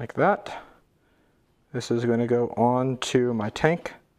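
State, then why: Not seated. A power steering pump component for a Saab 9-3 is handled as it is about to be pressed onto its fluid reservoir (tank) while someone talks. The clip holds only speech with a quiet pause and no sharp hit. Nothing has seated or clicked yet.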